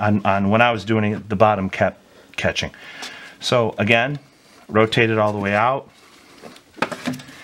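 Someone talks while rotating the locking lever on the plastic wiring harness connector of the engine control unit all the way out, during a lowering spring install on a 2015+ Audi Q7/Q8 (4M) or 2019+ Q8. A small positive click is heard at 6.8 s as the lever clicks open, releasing the connector.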